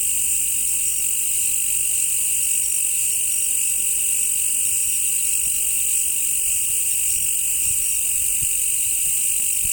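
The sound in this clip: Dense cricket chorus, a steady shrill trilling with layered high bands and little else heard.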